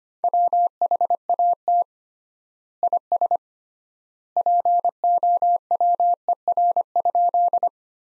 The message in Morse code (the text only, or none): WHAT IS POWER?